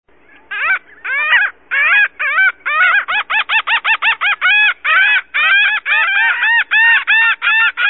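Laughing gull giving a rapid run of nasal, laughing 'ha-ha' notes, closely spaced and fairly steady throughout, with no other clear sounds.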